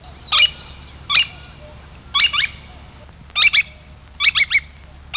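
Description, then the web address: Far Eastern curlew giving short, sharp chirped calls singly, in pairs and in triplets, repeated about once a second against a low background hum. "numenius madagascariensis"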